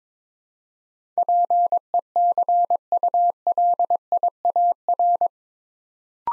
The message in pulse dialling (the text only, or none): none